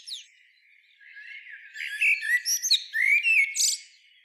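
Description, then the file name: Common blackbird song, a subdued warble rising into loud fluty notes mixed with high, scratchy twitters. "Turdus merula"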